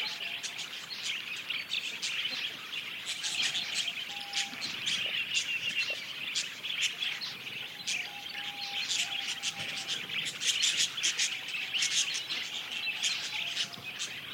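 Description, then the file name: Budgerigars chattering, a dense stream of high chirps, warbles and clicks from several birds, continuous throughout with brief broken tones lower down. Several budgerigars, described as happy. "Happy Budgies"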